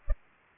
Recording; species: mosquito wingbeat signal from an infrared sensor; Culex pipiens